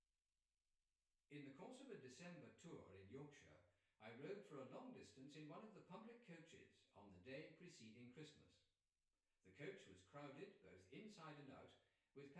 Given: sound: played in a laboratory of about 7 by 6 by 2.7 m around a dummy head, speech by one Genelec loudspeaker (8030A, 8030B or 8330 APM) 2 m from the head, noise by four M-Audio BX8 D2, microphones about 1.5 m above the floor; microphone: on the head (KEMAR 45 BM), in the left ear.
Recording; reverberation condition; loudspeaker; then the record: male speech in English; medium; 120 degrees to the right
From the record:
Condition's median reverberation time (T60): about 510 ms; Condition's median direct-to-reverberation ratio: about -0.5 dB